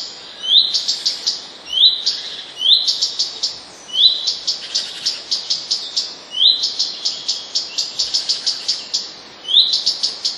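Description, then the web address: Common redstart singing rising whistled notes followed by rapid jangly trills, phrases repeated at uneven intervals. "wroblowe kolekcja pleszka"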